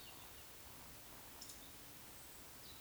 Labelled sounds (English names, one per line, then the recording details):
Eurasian Woodcock whistle
Eurasian Woodcock croak
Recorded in Baden-Württemberg, Germany, on 19 June 2020 at 19:48 UTC
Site 49006, 684 m above sea level